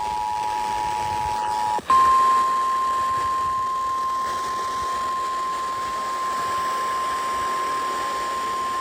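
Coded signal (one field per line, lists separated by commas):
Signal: Emergency Alert System (SAME) tones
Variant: 853 and 960 Hz attention tone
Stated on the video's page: Destructive severe thunderstorm warning relayed on radio station WZOK.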